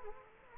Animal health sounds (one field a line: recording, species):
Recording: mosquito wingbeat signal from an infrared sensor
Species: Aedes aegypti